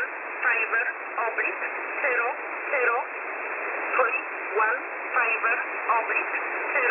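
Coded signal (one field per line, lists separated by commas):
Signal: numbers station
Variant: E11 Oblique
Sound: short spoken words, evenly spaced, over steady shortwave hiss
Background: radio static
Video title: E11 Oblique 21/11/2022 1300 UTC 4909kHz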